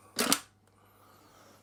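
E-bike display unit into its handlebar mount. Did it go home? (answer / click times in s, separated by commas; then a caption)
yes / 0.3 s. The display unit of a Himiway Big Dog e-bike, taken out earlier, is refitted the right way round into its handlebar bracket and pushed in. A short double burst of broadband plastic clatter peaks in a sharp click at 0.3 s, followed by a faint tick and quiet. The display is seated back in its mount.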